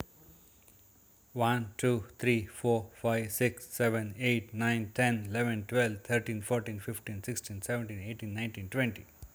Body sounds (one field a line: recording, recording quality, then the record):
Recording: counting at a fast pace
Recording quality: excellent, no background noise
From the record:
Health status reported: healthy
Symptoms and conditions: none ticked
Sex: male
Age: 55 years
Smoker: not ticked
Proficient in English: yes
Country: India